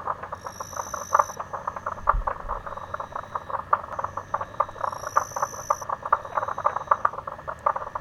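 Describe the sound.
Frog chorus of fast, continuous rattling croaks, overlaid by two long, high-pitched tones.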